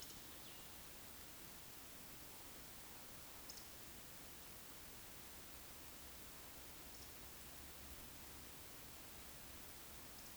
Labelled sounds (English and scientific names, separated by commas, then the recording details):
Eurasian Woodcock (Scolopax rusticola) whistle
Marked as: whistle, whistle, whistle, whistle
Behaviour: display flight
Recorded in Baden-Württemberg, Germany, on 16 June 2021 at 20:06 UTC
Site 20675, 466 m above sea level